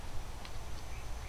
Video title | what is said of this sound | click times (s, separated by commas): Beretta Trident Shooting Glasses | them right into place like so they'll snap right in like that | 0.5 s